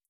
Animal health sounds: hydrophone in a shrimp aquaculture tank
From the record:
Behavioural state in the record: feeding

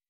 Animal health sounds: hydrophone in a shrimp aquaculture tank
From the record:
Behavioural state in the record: weakened

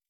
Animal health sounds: hydrophone in a shrimp aquaculture tank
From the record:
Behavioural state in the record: feeding

